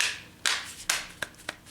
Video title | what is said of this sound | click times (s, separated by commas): Kraft Geek JUST TAP TRIPOD & SELFIE STICK REVIEW For Smartphones - Remote - 66" High - Tap To Open | this is all clicked back together. | 0.0 s, 0.9 s